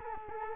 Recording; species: mosquito wingbeat signal from an infrared sensor; Culex quinquefasciatus